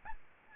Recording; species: mosquito wingbeat signal from an infrared sensor; Aedes albopictus